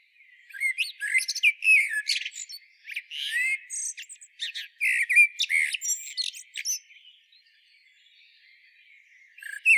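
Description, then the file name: Eurasian blackbird song: a long, busy stretch of varied whistles and high, scratchy twittering notes, fading to quiet before another phrase starts. "Turdus merula"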